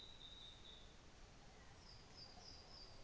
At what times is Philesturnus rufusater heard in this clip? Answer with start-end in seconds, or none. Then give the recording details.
none. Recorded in New Zealand on 24 December 2018. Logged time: 17:45